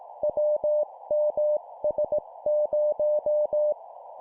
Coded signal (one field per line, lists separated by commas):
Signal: Morse code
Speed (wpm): 18 wpm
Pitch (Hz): 600 Hz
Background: none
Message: WMS0